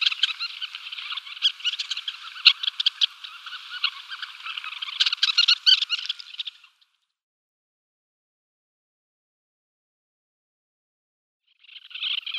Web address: Schulze Peter Red-necked Phalarope display